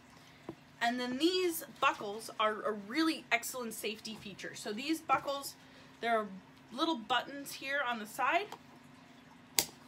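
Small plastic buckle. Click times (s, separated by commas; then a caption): 9.6 s. Someone talks while handling a plastic side-release safety buckle on the strap of a Finis Rapid monofin. The buckle is pressed together and snaps shut with a sharp click at 9.6 s, seating it.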